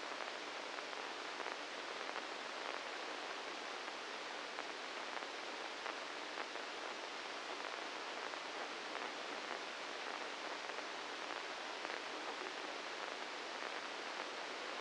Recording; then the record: brain microelectrode recording played as sound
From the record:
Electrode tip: inside the subthalamic nucleus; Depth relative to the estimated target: 0 mm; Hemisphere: left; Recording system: NeuroSet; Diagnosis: Parkinson's disease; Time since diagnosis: 9 years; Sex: male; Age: 61 years